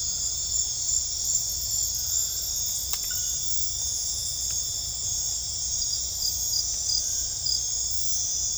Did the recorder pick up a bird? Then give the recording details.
no. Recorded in dense forest near Puerto Asís, Putumayo, Colombia, on 18 December 2024 at 21:30. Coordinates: 0.481, -76.323. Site G100